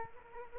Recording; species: mosquito wingbeat signal from an infrared sensor; Culex quinquefasciatus